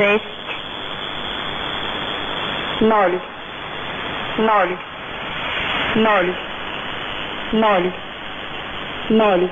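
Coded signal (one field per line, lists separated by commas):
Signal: numbers station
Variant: S06s, Russian female voice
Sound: a woman's voice reads single Russian digits, about six evenly spaced, over steady hiss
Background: radio static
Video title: 20 03 2018 S06s Russian Lady numbers station in Russian to Eu 0730 on 7425 unknown tx site in CUSB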